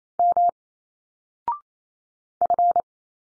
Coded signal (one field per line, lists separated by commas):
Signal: Morse code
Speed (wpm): 28 wpm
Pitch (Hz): 700 Hz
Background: none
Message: M F